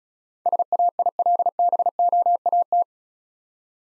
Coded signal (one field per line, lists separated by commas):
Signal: Morse code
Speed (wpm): 33 wpm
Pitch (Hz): 700 Hz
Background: none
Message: SAILBOAT